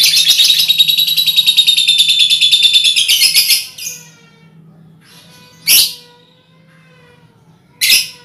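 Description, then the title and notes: Lovebird in fast, rapidly pulsed shrill chattering for nearly four seconds, followed by two single harsh high chirps. Lovebird song in the style called ngekek, used as a lure song (kicau pancingan). "Master Kicau Lovebird ngekek, kicau pancingan"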